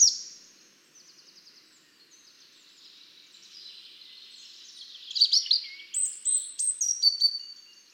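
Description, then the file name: European robin starting with faint rapid high trills, then breaking into loud, sparkling whistles and jumbled liquid notes. "Erithacus rubecula"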